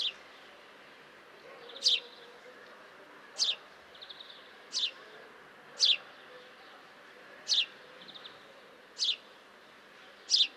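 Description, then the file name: House sparrow chirps: several short, sharp notes at fairly regular intervals, with a few softer notes between them over faint background hiss. "Passer domesticus"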